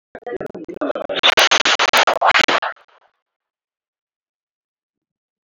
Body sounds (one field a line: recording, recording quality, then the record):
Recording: deep breathing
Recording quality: poor, much background noise or distortion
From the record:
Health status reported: COVID-19 positive, no symptoms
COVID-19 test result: positive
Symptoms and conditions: sore throat, muscle pain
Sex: female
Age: 31 years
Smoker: not ticked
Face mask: worn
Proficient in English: yes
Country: India